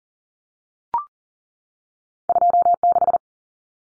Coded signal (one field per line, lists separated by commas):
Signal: Morse code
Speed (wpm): 40 wpm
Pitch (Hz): 700 Hz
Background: none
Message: 26